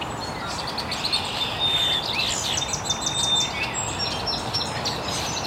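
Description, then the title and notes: Birds chirping with long thin whistles and a run of quick descending notes, background hiss continuous. Chirping very early in the morning in an estuary. "Birds Chirping in the Early Morning. Original sounds of birds chirping very early in the morning in an estuary"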